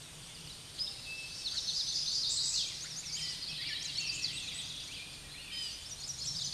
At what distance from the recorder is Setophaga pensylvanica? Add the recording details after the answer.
about 15 m. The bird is about level with the microphone. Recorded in a Pennsylvania forest on 16 May 2024 at 07:00. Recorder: AudioMoth, point MSD-2417. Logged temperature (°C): 16.4 °C. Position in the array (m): 89 m, 68 m